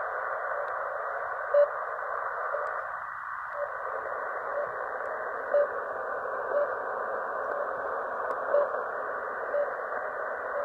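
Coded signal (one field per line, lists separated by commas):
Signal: radio time signal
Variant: RWM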